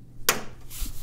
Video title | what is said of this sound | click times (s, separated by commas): $59.99 Full Tower PC Case AZZA ZEN 8100B | are toolless and snap into place | 0.3 s